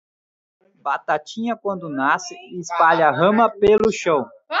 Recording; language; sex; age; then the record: short text; Brazilian Portuguese; male; 30 to 39 years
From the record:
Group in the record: control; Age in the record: 39 years